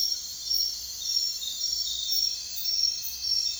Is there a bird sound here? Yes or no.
no